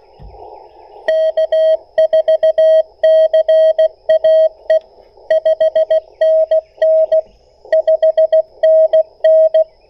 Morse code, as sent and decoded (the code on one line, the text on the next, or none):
-.- ....- -.-. .- . / ..... -. -. / ..... -. -.
K4CAE 5NN 5NN